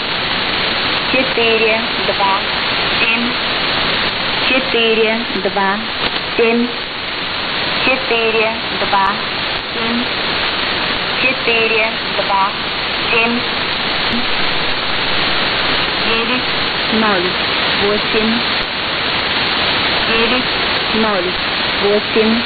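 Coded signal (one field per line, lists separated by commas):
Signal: numbers station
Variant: S06s Russian Lady, Russian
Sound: female voice reading short spoken numbers in Russian through loud hissing static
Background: radio static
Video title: 25 06 2019 S06s Russian Lady numbers station in Russian to Eu 0730 on 7365 unknown tx site USB+AM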